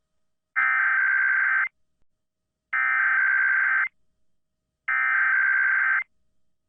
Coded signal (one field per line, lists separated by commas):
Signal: Emergency Alert System (SAME) tones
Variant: header bursts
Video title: 2/17/21 Required Monthly Test On WTIC AM [EAS #393]